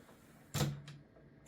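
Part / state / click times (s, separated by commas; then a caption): keyboard tray slide into its rear lock position on the under-desk track / seated / 1.5 s. A VIVO under-desk keyboard tray on a metal sliding track is pushed all the way back, making a broad sliding rumble from about 0.5 s and a short scrape near 0.9 s. A sharp click comes at 1.5 s as the tray locks into its rear stop, leaving it seated in place.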